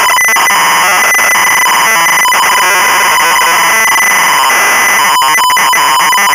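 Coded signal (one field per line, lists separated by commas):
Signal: ZX Spectrum tape loading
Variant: Sinclair ZX Spectrum cassette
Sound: harsh screeching data noise with buzzy tones, abrupt gaps and pitch shifts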